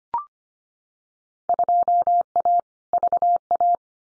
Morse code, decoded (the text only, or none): 2A VA